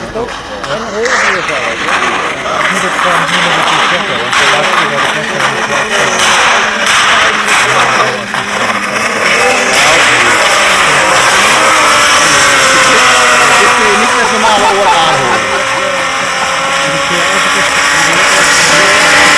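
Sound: car driving past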